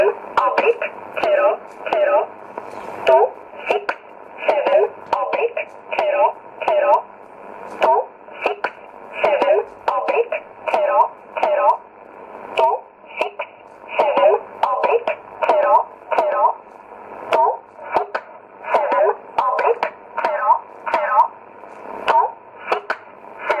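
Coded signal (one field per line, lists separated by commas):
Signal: numbers station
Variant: E11 Oblique, English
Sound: voice reading short words at a steady rhythm, about one per second, over radio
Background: radio static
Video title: 07 08 2017 Numbers station E11 Oblique in English to Eu 0747 on 9610 in USB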